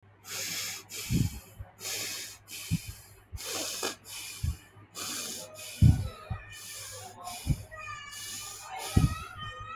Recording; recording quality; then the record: shallow breathing; moderate, slight background noise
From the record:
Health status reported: healthy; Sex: male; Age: 30 years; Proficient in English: yes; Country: India